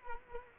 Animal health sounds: mosquito wingbeat signal from an infrared sensor; Culex quinquefasciatus

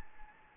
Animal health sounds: mosquito wingbeat signal from an infrared sensor; Anopheles gambiae

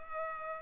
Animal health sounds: mosquito wingbeat signal from an infrared sensor; Culex pipiens

